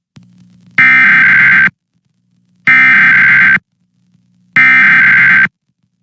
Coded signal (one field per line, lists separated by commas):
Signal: Emergency Alert System (SAME) tones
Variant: header bursts